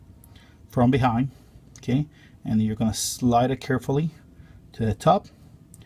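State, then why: Not seated. Someone talks while handling the 3D-printed plastic backpack/canopy piece of a small plastic transforming robot toy figure, pulling it from behind and sliding it carefully to the top. Only a few faint brief ticks are heard. The piece has not yet been brought down, and nothing has seated or clicked yet.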